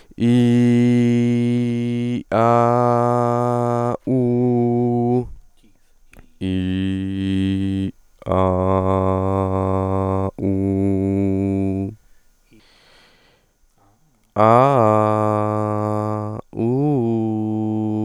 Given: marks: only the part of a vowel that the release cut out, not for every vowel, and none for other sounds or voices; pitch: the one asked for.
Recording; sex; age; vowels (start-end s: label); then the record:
sustained vowels; male; 18 to 19 years
0.53-1.99 s: vowel /i/, high pitch
2.62-3.81 s: vowel /a/, high pitch
4.19-5.13 s: vowel /u/, high pitch
6.53-7.77 s: vowel /i/, low pitch
8.46-10.13 s: vowel /a/, low pitch
10.58-11.68 s: vowel /u/, low pitch
14.47-15.61 s: vowel /a/, low-high-low pitch
16.65-17.64 s: vowel /u/, low-high-low pitch
From the record:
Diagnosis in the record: stuttering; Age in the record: 18 years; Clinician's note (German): Kehlkopf o. Befund